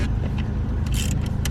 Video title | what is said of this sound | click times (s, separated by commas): I got set-up with this non running Focus - No Start No Crank | tighten it until it snaps | 1.5 s